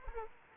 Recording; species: mosquito wingbeat signal from an infrared sensor; Anopheles gambiae